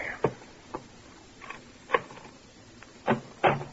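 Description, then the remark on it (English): A bedroom door is unlocked and opened late in the morning: a series of sharp clicks and clunks, irregularly spaced, with a couple of louder knocks of the latch and door toward the end, no voices. “I should think you want to get away from locked doors.”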